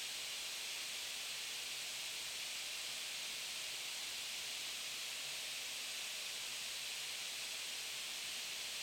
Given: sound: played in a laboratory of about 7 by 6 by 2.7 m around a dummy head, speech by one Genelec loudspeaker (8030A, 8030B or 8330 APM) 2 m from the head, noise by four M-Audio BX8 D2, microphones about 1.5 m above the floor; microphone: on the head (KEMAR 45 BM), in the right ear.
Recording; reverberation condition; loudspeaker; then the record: white noise; high; four, about 170 cm from the corners of the room and facing them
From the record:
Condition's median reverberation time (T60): about 1300 ms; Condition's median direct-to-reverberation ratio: about -4.0 dB